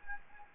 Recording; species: mosquito wingbeat signal from an infrared sensor; Anopheles gambiae